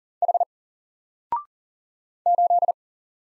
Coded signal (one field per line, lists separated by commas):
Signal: Morse code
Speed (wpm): 38 wpm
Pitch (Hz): 700 Hz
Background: none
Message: H 8